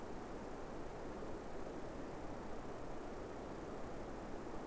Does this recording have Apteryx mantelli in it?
no